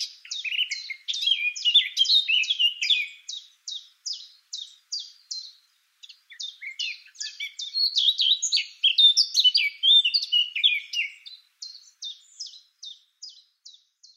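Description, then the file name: Eurasian blackcap singing two long phrases of rapid, crisp repeated chirps mixed with warbled notes, with a short gap between them. "Sylvia atricapilla"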